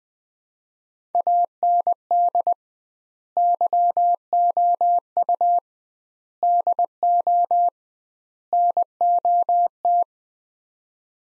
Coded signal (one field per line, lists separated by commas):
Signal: Morse code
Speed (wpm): 21 wpm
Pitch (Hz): 700 Hz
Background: none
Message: AND YOU DO NOT